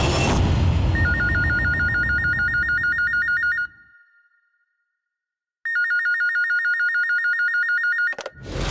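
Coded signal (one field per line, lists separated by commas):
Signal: none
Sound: telephone ringing tone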